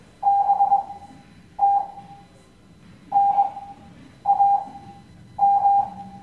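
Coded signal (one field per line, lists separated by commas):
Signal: Morse code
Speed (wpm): 20 wpm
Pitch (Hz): 800 Hz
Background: none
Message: BTNAM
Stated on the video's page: Morse code class lesson.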